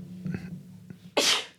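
An adult man takes a quiet breath with a faint murmur, then lets out one sudden, loud, hissing sneeze over a low steady hum.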